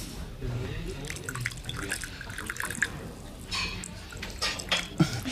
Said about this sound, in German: Soll ich uns Jasmin-Tee einschenken, Herr Straub? Ja, bitte.